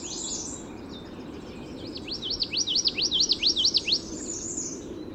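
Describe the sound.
Common yellowthroat song: a rapid run of repeated rolling phrases lasting about two seconds, with other high thin bird calls and a steady low background hiss.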